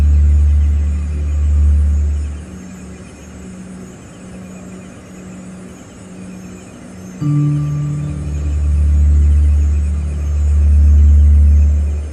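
Tones ring from a long stainless steel wave sculpture, built on a deep, rumbling drone that swells, then thins out after about two seconds. Near seven seconds a new chord enters with a higher note, and the heavy low hum returns.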